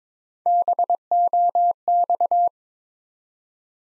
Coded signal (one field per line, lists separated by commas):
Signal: Morse code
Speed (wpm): 22 wpm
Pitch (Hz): 700 Hz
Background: none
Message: BOX